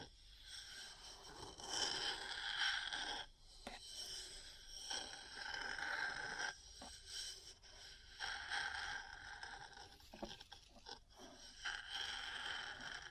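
Metal parts scratching and tapping, with long rasping scrapes that fill most of the 13 seconds. The grinding is bright and ringing, broken by brief gaps near 3.5, 7 and 10 seconds, with sharp taps scattered throughout.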